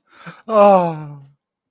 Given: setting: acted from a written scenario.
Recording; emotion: vocal sound without words; ecstasy